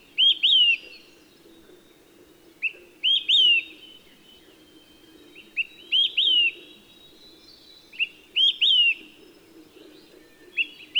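Olive-sided flycatcher singing three-part whistles, a short lead note then two strong slurred notes, repeated every few seconds, with faint high chips and low background noise.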